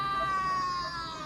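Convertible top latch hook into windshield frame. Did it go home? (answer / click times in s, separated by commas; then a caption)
no / none. With the key on, the repaired latch gear motor of a BMW E46 convertible drives the top's latch hook toward the windshield frame, producing a steady, high-pitched motor whine at an even level that dips slightly near the end. The clip ends before the latch locks, so nothing has seated yet.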